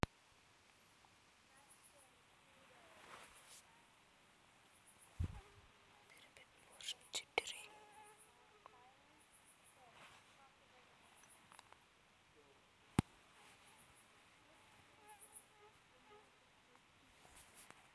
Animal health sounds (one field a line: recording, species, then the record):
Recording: mosquito flight sound by mobile phone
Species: Aedes sierrensis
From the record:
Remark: free flight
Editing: field recording with all noises